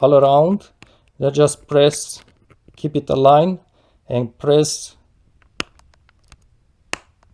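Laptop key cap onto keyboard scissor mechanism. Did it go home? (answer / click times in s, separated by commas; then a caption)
yes / 5.6 s, 6.9 s. Someone talks while pressing a plastic keyboard key cap back onto its scissor mechanism on a Chromebook, one corner at a time, to seat its four attachment clips. After the talking stops, sharp clicks ring out at 5.6 and 6.9 seconds among a few faint taps, and the key cap is seated.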